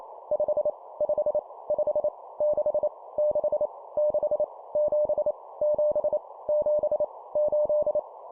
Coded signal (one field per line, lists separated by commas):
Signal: Morse code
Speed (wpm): 28 wpm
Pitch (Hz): 600 Hz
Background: none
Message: 5 5 5 6 6 6 7 7 7 8